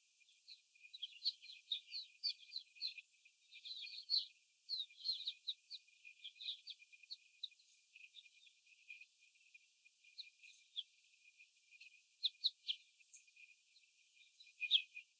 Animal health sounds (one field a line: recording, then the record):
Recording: young laying hens in a cage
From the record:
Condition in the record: after the stressor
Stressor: simulated dog barking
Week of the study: 4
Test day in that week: 3